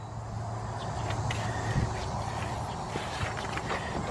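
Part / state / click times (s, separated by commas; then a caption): axle shaft into transmission / not seated / none. The left axle shaft of a 2001-2004 Hyundai Santa Fe with a manual transmission is held in position, its splines engaged in the transmission, before it is pushed home. A steady low hum runs throughout, broken by brief faint knocks at about 1.3, 3.4 and 3.6 seconds. The shaft has not yet clicked or seated into place.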